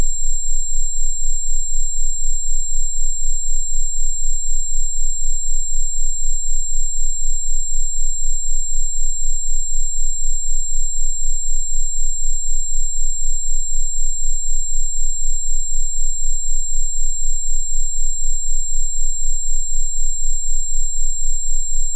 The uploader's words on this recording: Sound Lazer & Sound Vibration Level 4 (15000Hz+19000Hz Sine wave & 15Hz+19Hz Sine wave).